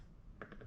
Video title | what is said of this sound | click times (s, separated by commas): Hauck Sport Pushchair Review - BuggyBaby Reviews | the wheel in that's a nice click | 0.4 s